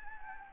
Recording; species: mosquito wingbeat signal from an infrared sensor; Anopheles gambiae